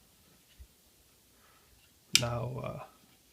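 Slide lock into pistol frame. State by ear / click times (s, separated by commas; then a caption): not seated / none. A metal slide lock is handled while being fitted into a Glock pistol frame, with a faint low tap near 0.6 s and otherwise quiet handling. Someone talks from about 2.1 to 2.9 s. Nothing has seated or clicked yet.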